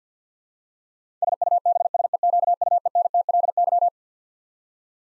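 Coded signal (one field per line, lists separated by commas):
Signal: Morse code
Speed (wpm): 50 wpm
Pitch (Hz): 700 Hz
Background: none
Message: SUBSEQUENTLY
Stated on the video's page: Twelve-letter words sent at 50 wpm for head-copy practice, each word sent, then spoken, then sent again.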